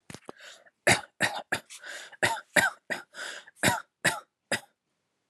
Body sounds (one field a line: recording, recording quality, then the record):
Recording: shallow voluntary cough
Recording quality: excellent, no background noise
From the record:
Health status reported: healthy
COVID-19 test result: negative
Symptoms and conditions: none ticked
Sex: male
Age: 24 years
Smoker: not ticked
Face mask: not worn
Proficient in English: yes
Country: India